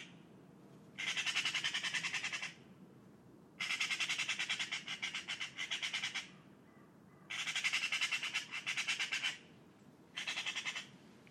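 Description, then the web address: Bird making repeated grating rattles, four bursts of fast pulses of varying length, separated by short gaps. "cianscape birddata Deverinetal 2025"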